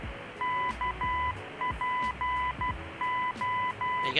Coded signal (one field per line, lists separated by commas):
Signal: Morse code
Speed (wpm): 12 wpm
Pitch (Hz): 1000 Hz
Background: none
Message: KPO